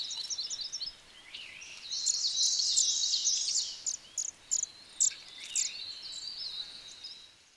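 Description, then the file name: White-throated bushtit calls: thin, high twittering notes in a dense chatter around two to four seconds, then scattered sharp ticks and short high squeaks. "White throated Bushtit Aegithalos niveogularis"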